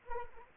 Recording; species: mosquito wingbeat signal from an infrared sensor; Anopheles arabiensis